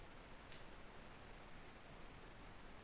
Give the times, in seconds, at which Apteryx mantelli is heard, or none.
none